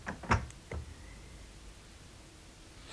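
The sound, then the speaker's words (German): A window and a ventilation flap are shut: a quick cluster of sharp clunks and a brief rattle in the first second, then only a faint steady hiss. “Er schließt das Fenster und die Lüftungsklappe.”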